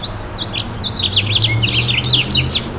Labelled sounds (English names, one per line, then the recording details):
House Finch song
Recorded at Freeport on Long Island, New York, on 28 May 2013
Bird C